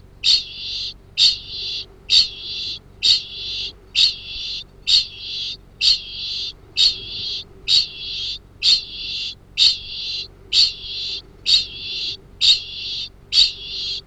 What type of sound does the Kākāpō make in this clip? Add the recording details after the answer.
ching call. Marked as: faintness 1/5. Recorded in New Zealand. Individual Arab